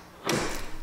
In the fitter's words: the hood release until you hear it pop